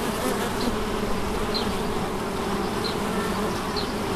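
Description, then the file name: Bees buzzing, a continuous low hum with a few brief higher whines. Recorded at St Bonnet le Ch on 30 July 2016 with an MZ-N710 recorder. "Abeilles St Bonnet le Ch 30 07 16"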